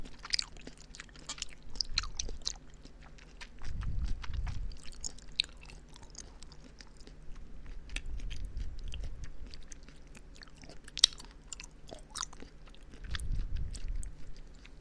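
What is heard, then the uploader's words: Someone chews Halloween candy with dense, irregular crunchy clicks and wet squishes, plus heavier low munching bursts around four, eight and thirteen seconds. Eating Halloween Candy. MouthSounds. Chewing sounds.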